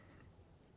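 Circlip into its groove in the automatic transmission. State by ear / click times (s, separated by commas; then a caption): not seated / none. A metal circlip (snap ring) is being handled before fitting into its groove in a 1997–2009 GM Turbo Hydra-matic 4L80E automatic transmission (Chevy & GMC) during a factory stock rebuild. Only steady, low handling noise and a faint high tone are heard, with no sharp hits. Nothing has seated or clicked yet.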